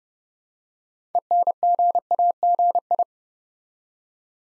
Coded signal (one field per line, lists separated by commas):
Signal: Morse code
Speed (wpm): 30 wpm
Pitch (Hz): 700 Hz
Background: none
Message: ENGAGI